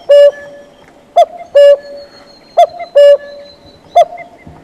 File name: common cuckoo